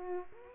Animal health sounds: mosquito wingbeat signal from an infrared sensor; Aedes aegypti

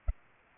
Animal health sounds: mosquito wingbeat signal from an infrared sensor; Aedes aegypti

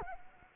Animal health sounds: mosquito wingbeat signal from an infrared sensor; Anopheles arabiensis

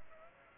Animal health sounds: mosquito wingbeat signal from an infrared sensor; Aedes aegypti

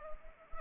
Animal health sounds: mosquito wingbeat signal from an infrared sensor; Anopheles arabiensis

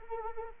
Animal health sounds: mosquito wingbeat signal from an infrared sensor; Anopheles arabiensis

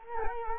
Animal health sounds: mosquito wingbeat signal from an infrared sensor; Culex quinquefasciatus

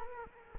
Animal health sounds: mosquito wingbeat signal from an infrared sensor; Culex quinquefasciatus

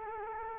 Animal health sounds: mosquito wingbeat signal from an infrared sensor; Culex quinquefasciatus

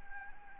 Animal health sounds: mosquito wingbeat signal from an infrared sensor; Anopheles arabiensis

